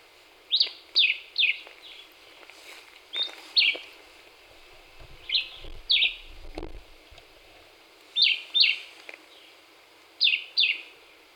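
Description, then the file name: Black-whiskered vireo delivering clipped two- and three-note phrases in quick succession, bright slurred chirps with short pauses, and a brief low thump midway. Recorded 26 April 2019. "2019-04-26 Black-whiskered Vireo"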